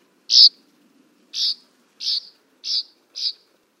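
Northern rough-winged swallow giving short, rough buzzy notes, five in about three seconds, the first loudest.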